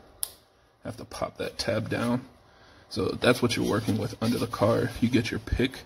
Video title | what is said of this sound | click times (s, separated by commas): BMW F-series Clutch Replacement (2018 440i) | you can actually push down on the tab to release it and then when you push it back in it'll snap in place and then | 0.2 s